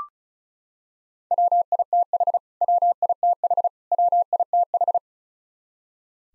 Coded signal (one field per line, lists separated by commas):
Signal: Morse code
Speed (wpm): 34 wpm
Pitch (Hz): 700 Hz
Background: none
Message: WITH WITH WITH